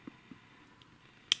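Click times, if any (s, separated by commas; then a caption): 1.3 s. A small plastic locking tab beside the coin-cell battery tray of a Renault Laguna Mk2 key card fob is pushed to the side. After a few faint ticks, a sharp click sounds at 1.3 s. The tab clicks open and the battery tray is released.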